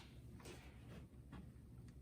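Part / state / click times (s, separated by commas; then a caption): anti-theft screw cap into the screw cup of a license plate frame / not seated / none. A plastic anti-theft screw cap, whose three tabs must snap past the lip of the cup, is handled and pressed against the screw cup of a license plate frame. Brief scraping, rubbing bursts are heard, the strongest around 0.4 s, with others near 1.3 s and 1.9 s, over a steady low background hum. Nothing has seated or clicked yet.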